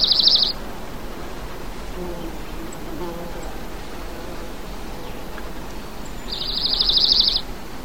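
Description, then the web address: Bird giving a short, high, rapidly pulsed trill at the start and a longer similar trill near the end, separated by steady background hiss. "cantos"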